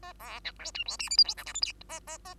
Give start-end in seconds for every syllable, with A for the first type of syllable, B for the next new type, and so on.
0.02-0.13 A, 0.19-0.40 B, 0.44-0.53 C, 0.59-0.71 D, 0.74-0.84 E, 0.86-0.97 F, 0.99-1.09 G, 1.10-1.17 H, 1.17-1.24 I, 1.24-1.34 J, 1.37-1.45 K, 1.46-1.53 L, 1.54-1.61 M, 1.62-1.73 N, 1.89-2.00 A, 2.07-2.18 A, 2.25-2.34 A